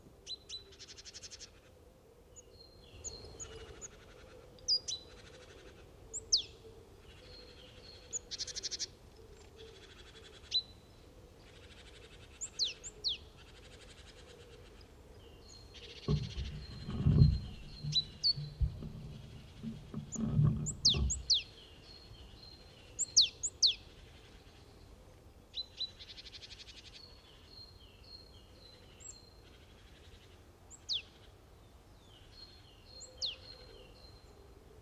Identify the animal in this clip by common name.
Great Tit